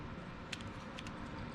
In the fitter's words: and it locks into place